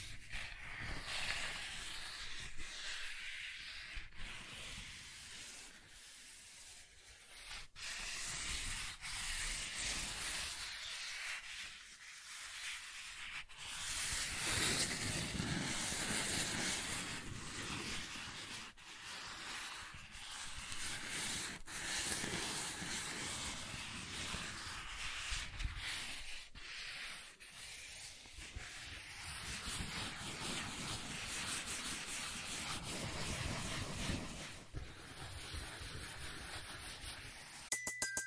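Soft tracing over smooth and rough surfaces, a continuous hissing rub that swells and fades in waves, with brief pauses throughout.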